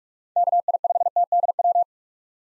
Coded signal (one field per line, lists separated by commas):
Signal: Morse code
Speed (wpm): 46 wpm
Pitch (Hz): 700 Hz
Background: none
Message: KI5TDW